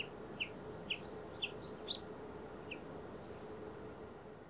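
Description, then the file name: Common chaffinch calls: a few clipped, bright notes about every half second, then a pause, over a low background hum. "Fringilla coelebs"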